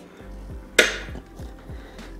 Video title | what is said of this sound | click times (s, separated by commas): Synergy Aviator 2.0 Electric Scooter (Dual Motor) - Full Review | then you wanna push it forward until you hear the click | 0.8 s